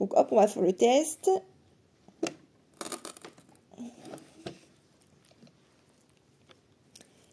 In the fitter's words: Et il a pas clipsé du tout.